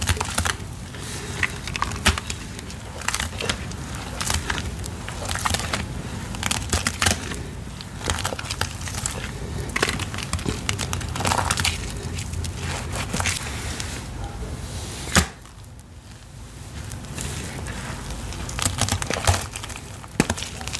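Gym chalk is crushed, with dense, gritty crunching and frequent sharp crackling bursts throughout. A low, steady rumble sits underneath. Around fifteen seconds the sound briefly drops away, then the crumbling resumes and continues to the end.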